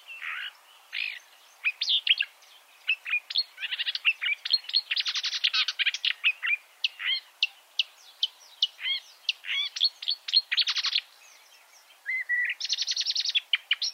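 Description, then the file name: Marsh warbler song, varied bursts of chatter, harsh buzzy trills and clear slurred notes, delivered in quick succession with brief pauses. Chirping song. "suara-kicauan-burung-marsh-warbler -omkicau"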